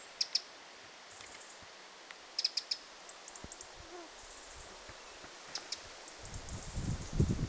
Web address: paivat 9 8 2026 peukaloinen pesue emo ja ainakin viisi poikasta